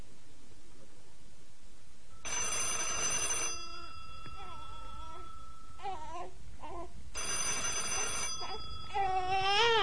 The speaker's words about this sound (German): Verdammt, jetzt auch noch das Telefon. Wer ist dann das schon wieder?